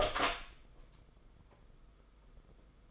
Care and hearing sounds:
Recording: daily activity, microphone in the room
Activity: open door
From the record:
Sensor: 5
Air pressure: 990.5 hPa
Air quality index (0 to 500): 149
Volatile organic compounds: 157 ppm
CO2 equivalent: 4054 ppm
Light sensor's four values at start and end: 26/63/26/28 and 27/64/26/29

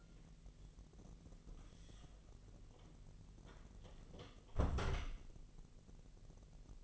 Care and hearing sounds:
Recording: daily activity, microphone in the room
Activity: close door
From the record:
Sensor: 4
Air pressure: 1002.3 hPa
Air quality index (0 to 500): 248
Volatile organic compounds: 41 ppm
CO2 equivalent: 3166 ppm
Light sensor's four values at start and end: 10/22/9/8 and 10/23/9/9

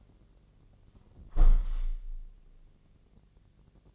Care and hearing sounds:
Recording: daily activity, microphone in the room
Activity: close window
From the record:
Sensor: 4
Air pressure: 1013.2 hPa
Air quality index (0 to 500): 170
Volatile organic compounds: 2 ppm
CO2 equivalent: 1070 ppm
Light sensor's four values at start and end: 38/93/38/38 and 37/92/37/38

